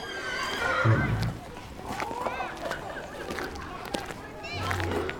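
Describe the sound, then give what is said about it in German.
A horse whinnies with high, wavering cries amid a busy riding-stable soundscape on a visitors' day, with low snorts and scattered hoof clops of horses and ponies, and children's voices faintly chattering in the background. “Willkommen auf dem Reiterhof St. Georg. Heute an unserem Besuchstag könnt ihr alles über Pferde und Ponys erfahren.”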